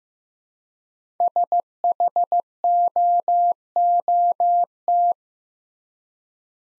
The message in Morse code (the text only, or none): SHOOT